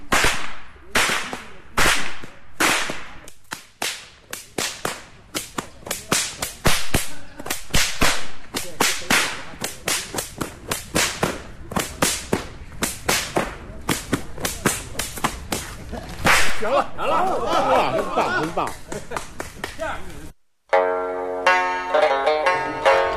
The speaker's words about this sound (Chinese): 这段听着特过瘾啊，后面都感觉像放鞭炮的感觉甚至都用鞭子打出点儿了。 对，没错，这是鞭子，它这个我们是录音是没有办法传达它真正这个现场的那种感觉，它那个声特别特别大，就每一次打一鞭子像小爆炸一样。